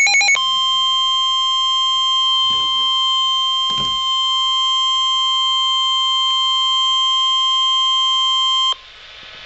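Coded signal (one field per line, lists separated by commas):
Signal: Emergency Alert System (SAME) tones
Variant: 1050 Hz attention tone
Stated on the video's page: Real severe thunderstorm warning alert.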